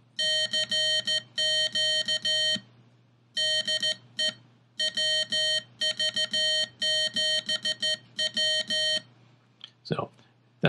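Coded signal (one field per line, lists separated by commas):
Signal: Morse code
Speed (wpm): 14 wpm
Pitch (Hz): 3100 Hz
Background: speech, music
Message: CQ DE WV7W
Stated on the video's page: Morse generated by the Morserino-32 training device.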